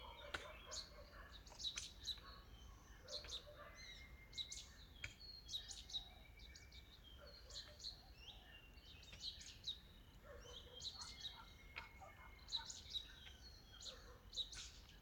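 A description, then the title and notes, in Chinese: Mountain forest ambience with birds calling almost constantly, short bright chirps and trills arriving every second or so from a few directions. A soft, steady low rumble of wind or noise runs underneath throughout. 懶山林環境音。早晨。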